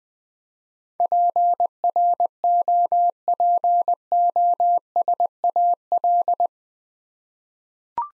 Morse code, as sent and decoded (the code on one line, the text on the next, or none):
.--. .-. --- .--. --- ... .- .-..
PROPOSAL